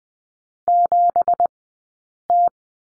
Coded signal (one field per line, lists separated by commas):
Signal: Morse code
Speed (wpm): 20 wpm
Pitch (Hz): 700 Hz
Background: none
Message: 7T